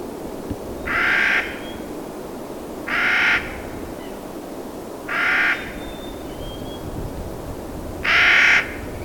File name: Clark's nutcracker